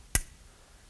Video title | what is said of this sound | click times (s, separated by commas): Hammond Bulldog Pistol | it's springloaded you can hear it click | 0.1 s